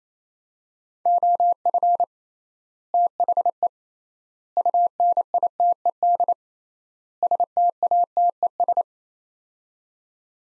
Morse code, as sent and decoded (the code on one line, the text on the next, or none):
--- ..-. / - .... . / ..- -. .. - . -.. / ... - .- - . ...
OF THE UNITED STATES